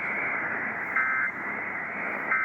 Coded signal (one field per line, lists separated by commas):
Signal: Emergency Alert System (SAME) tones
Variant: end-of-message bursts